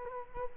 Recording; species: mosquito wingbeat signal from an infrared sensor; Culex quinquefasciatus